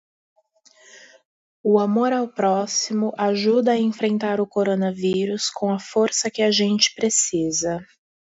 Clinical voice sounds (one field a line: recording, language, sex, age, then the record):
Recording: spoken sentence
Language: Brazilian Portuguese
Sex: female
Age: 30 to 39 years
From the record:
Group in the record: control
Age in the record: 36 years